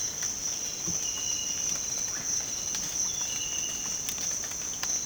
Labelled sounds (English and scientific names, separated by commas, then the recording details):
none
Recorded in dense forest near Puerto Asís, Putumayo, Colombia, on 8 March 2025 at 06:30
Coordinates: 0.486, -76.317
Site G053